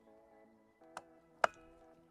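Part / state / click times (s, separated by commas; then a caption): handlebar stem height latch into scooter steering column / seated / 1.4 s. On a Kugoo Kirin Mini 2 children's scooter, the metal handlebar stem height latch is adjusted again so it clicks into the steering column, with steady tonal music in the background. A soft tick comes at about 1.0 s, then a sharp metallic click at 1.4 s as the latch seats and the handlebar height is set.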